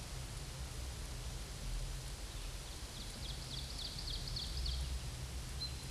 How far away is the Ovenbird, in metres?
about 80 m